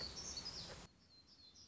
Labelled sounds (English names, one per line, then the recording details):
Black-throated Gray Warbler
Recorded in Sonoma County, California